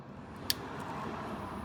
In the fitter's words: I don't know if you heard the click, but the click was there.